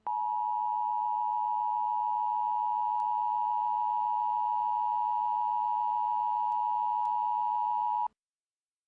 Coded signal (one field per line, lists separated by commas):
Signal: Emergency Alert System (SAME) tones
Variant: 853 and 960 Hz attention tone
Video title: Relive the Blizzard of January 2016 with the EAS